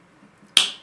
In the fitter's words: vous entendez un petit tac qui signifie que votre tou touche est bien enclenché et voilà c'est terminé